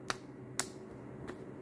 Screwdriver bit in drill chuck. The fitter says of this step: Vous la vissez et pour la serrer, vous tournez jusqu'à ce que vous entendiez le clic.